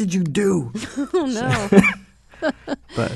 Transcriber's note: soundbite of laughter